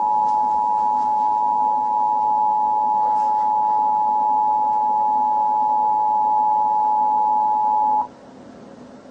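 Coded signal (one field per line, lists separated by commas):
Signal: Emergency Alert System (SAME) tones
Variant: 853 and 960 Hz attention tone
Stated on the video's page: Simulated EAS scenario with a civil danger warning, shelter in place warning, emergency action notification and emergency message advisory.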